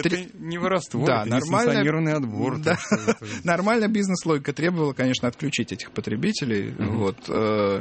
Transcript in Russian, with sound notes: Это не воровство, это несанкционированный отбор. (смеется)
Нормальная бизнес-логика требовала, конечно, отключить этих потребителей.